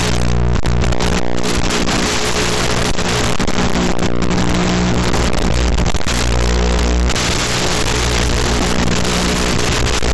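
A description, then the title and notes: A drone in flight, its motors giving a loud, steady buzzing drone with stacked whining tones and a strong low hum. The pitch wavers slightly as the rotors speed up and slow down, with brief dips near two, four and seven seconds. The audio telemetry provided by a drone flight.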